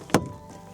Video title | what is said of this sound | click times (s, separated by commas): Siesta Reef – Van Tour & How to Operate | and make sure it locks into place. | 0.1 s